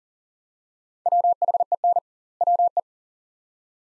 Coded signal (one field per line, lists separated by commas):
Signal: Morse code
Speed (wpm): 40 wpm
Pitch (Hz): 700 Hz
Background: none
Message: WHEN WE